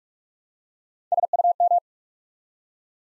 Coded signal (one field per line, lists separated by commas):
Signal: Morse code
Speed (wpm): 44 wpm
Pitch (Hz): 700 Hz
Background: none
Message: SUM